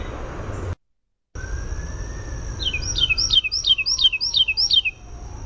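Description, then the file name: Carolina wren delivering one bout of about six rich, repeated rolling phrases, while a long falling siren-like tone and a steady high tone continue. "CARW song"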